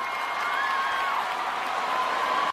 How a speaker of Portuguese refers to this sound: Valeu, uma salva de palmas aí, gente.